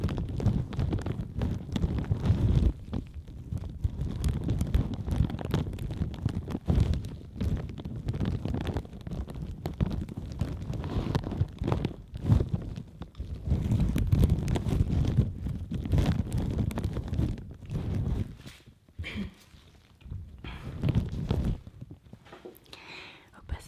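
Dense, continuous rubbing and brushing of latex gloves and plastic on the mic, mostly low and rumbling, thinning into sparser scrapes after twenty seconds.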